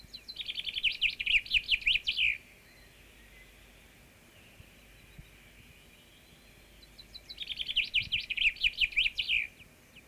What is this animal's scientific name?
Fringilla coelebs